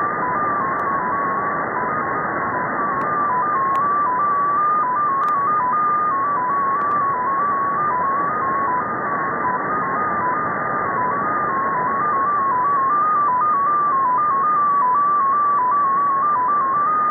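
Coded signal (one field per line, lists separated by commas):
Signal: multi-tone FSK (Olivia or MFSK type)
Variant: XPA2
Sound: a single tone hopping quickly between a few nearby pitches, steady and continuous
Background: radio static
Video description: 10.921Mhz USB Russian Data Station XPA2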